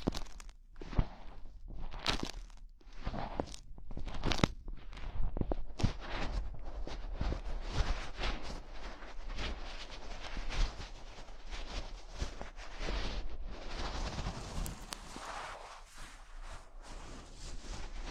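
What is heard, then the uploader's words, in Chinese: Gloves being handled, a dense run of crinkling, rustling and crunching with sharp bright snaps scattered throughout, over a steady low rumble. 手套 使用6种不同手套为你耳膜按摩。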